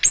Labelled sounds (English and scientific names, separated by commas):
Ovenbird (Seiurus aurocapilla) flight call